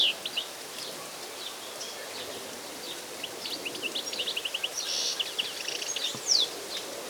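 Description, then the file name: European goldfinch twittering, scattered light chirps that thicken into a faster run of tinkling notes midway, with a soft hiss behind. "Carduelis carduelis"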